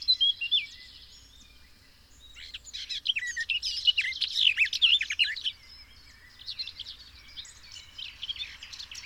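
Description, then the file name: Eurasian blackcap with brief high notes, then a dense, jumbled warble of rapid chirps and whistles, followed by softer scattered twitters. "Sylvia atricapilla"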